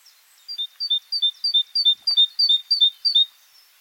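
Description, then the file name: Great tit calls, a fast series of paired high notes, a sharp higher note followed by a lower one, repeated about three times per second. "Parus major"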